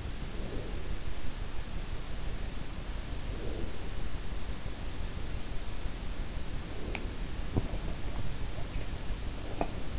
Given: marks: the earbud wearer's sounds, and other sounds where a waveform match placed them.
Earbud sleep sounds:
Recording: sounds in sleep by an in-ear microphone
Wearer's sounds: breath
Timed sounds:
0.00-1.36 s: breath
3.02-4.25 s: breath
6.26-7.40 s: breath
6.81-9.99 s: sound from someone else or the room

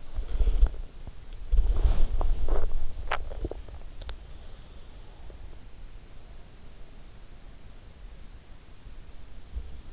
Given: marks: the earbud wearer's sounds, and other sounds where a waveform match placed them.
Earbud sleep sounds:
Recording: sounds in sleep by an in-ear microphone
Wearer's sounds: body movement, swallowing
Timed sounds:
0.00-2.92 s: body movement
2.35-3.76 s: swallowing

